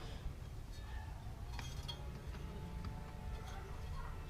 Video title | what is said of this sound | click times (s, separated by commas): 1997 GMC Suburban almost 100k miles spark plug change. 1988-1999 Silverado, Sierra, Yukon and Tahoe. | we go click nice and tight | 1.6 s, 2.9 s